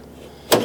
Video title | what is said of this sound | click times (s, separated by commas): Honda Civic Manual Door Issues!!! (Alignment, Handles, Latches and LOCKS) | and you can hear it lock and | 0.5 s